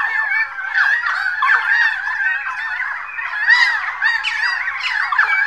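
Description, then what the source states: Birds: a busy chorus of birds, overlapping chirps and squeals merging into a steady twittering mass throughout. Recorded in 2011.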